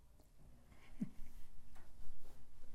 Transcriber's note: chuckles